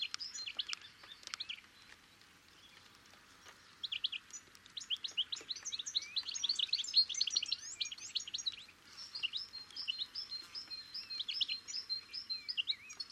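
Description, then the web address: Bird calls start with scattered chirps, then become a dense stream of high, quick notes that runs to the end. "Deverinetal 2025 File origin Bird Only"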